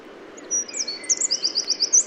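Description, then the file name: Eurasian wren song: a few very high whistled notes, then a fast series of sharp, bright notes repeated quickly through the rest of the phrase. "Troglodytes troglodytes"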